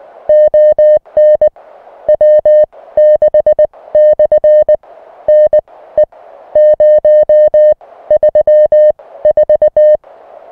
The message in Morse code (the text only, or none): ON W6/ NE 034